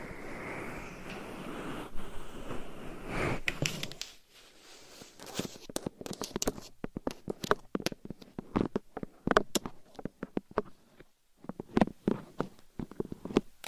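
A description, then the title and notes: Microphone scratching and tapping: a dense rubbing wash for four seconds, then a long run of sharp, irregular taps and scrapes with brief pauses. ASMR Mic Scratching , Tapping & Massage with 15 DIFFERENT MICS Covers & Nails No Talking.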